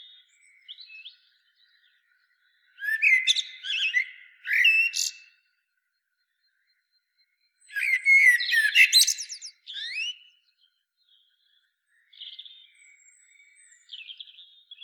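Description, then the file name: Common blackbird singing loud phrases of flute-like whistles and high, scratchy twitters, with quiet gaps and soft high notes between. "Turdus merula"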